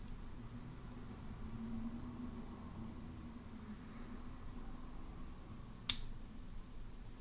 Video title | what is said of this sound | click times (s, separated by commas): Timex Marlin Chronograph Watch Strap Replacement - How to Change the Strap on a Timex Watch | Now the click seemed to be very strong. | 5.9 s